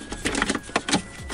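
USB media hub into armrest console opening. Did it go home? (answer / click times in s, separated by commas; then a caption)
no / none. After the wiring is tucked into the cubby, a replacement plastic USB media hub is pushed into its opening in the armrest console of a 2015 Ford Expedition during a Sync 2 to Sync 3 upgrade. Several short plastic knocks and handling sounds are heard, with the sharpest at about 0.3, 0.4, 0.8 and 0.9 seconds. The clip ends before the hub goes home, so nothing has seated or clicked yet.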